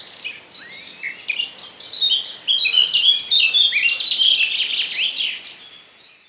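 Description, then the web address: Eurasian blackcap giving a continuous hurried warble of scratchy and whistled notes that grows louder toward the middle and then trails off. "Przyroda Ptaki Kapturka"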